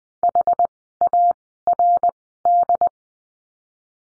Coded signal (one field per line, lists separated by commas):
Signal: Morse code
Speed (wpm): 20 wpm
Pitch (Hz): 700 Hz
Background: none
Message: HARD